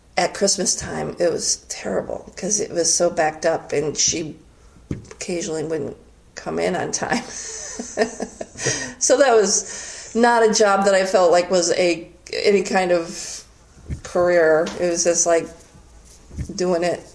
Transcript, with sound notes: At Christmas time it was terrible because it was so backed up and she occasionally wouldn't come in on time, [laughter] so that was not a job that I felt was any kind of career, it was just kind of doing it.